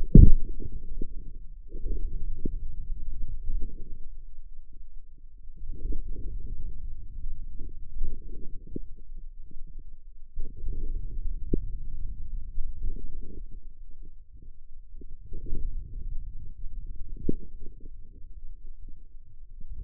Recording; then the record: forearm muscle sounds (acoustic myography)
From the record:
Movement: outward rotation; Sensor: system 2, bracelet of six BSWA MPA416 microphones around the upper forearm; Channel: 6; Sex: male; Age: 22 years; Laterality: right